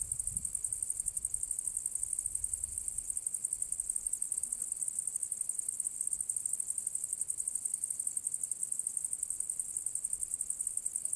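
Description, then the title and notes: Crickets trilling unbroken, high-pitched, tightly pulsed and even, with brief low rumbles in the first few seconds. Recorded on the southern slope of the path to the Cosilinium archaeological area; Zoom H6 recorder with MS capsule. "Sulla strada verso l'area archeologica Cosilinium - Grilli e cicale a Cosilinium. Registrazione sul versante sud del sentiero verso l'area archeologica di Cosilinium"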